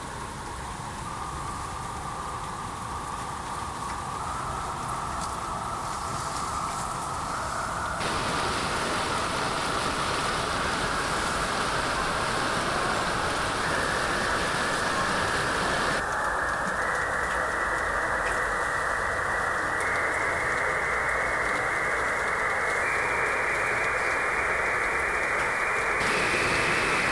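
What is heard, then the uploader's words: A steady rushing noise, like electronic hiss, holds a constant level throughout. Its tone climbs in small steps, growing brighter and thinner over time, with abrupt shifts in character at about 8, 16 and 26 seconds. A faint low rumble persists underneath. A websdr recording from is the frame, starting getting from narrow band to wide band and back. Field recordings of rauschen-like noises (rain, wind, park, water, electronics). Some FX, mostly reverb.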